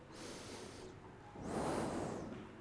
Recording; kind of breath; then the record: one breath in and out by a microphone near the nose and mouth; normal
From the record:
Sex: male